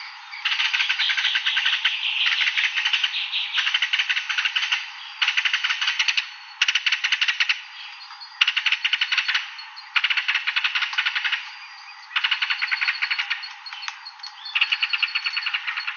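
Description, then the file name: Green-and-rufous kingfisher giving dry ticking rattles, bursts of rapid clicks about a second long, repeated with brief gaps throughout. "Canto do martim pescador da mata"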